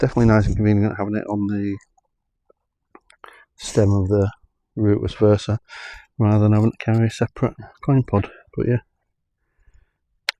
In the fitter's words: there you go. Clicks in place.